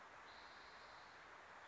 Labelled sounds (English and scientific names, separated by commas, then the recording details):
Spotted Towhee (Pipilo maculatus)
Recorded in Sonoma County, California